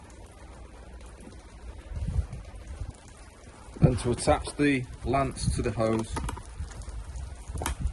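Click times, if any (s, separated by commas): 7.7 s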